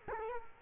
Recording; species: mosquito wingbeat signal from an infrared sensor; Culex quinquefasciatus